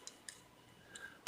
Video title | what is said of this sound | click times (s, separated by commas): How to replace your DLFPV DL-1080 frame + Test Flight First | the canopy on just snaps back in right there snaps | 1.3 s